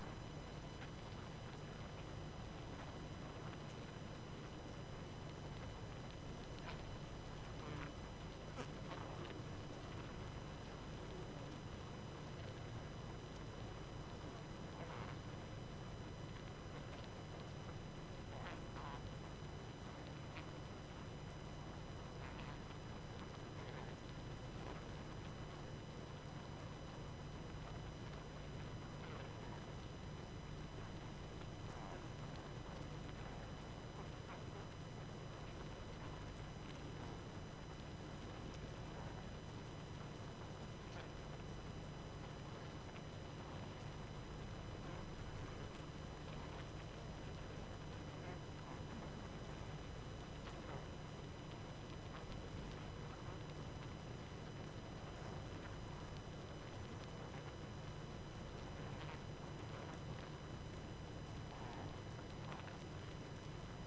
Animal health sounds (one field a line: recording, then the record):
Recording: honeybee colony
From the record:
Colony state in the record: active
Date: 12 June 2018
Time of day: 23:30